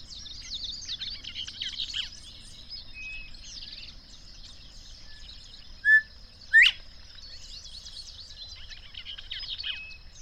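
Bird: high twittering chorus of birds, broken by a short flat whistle and a loud sweeping upslur, then more scattered chirps.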